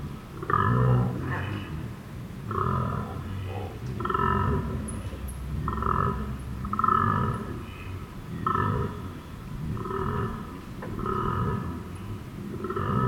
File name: Koala Benarkin Emu Creek Night 11 th Sep 18